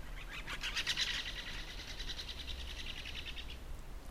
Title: Viikon luontoääni: Käpytikka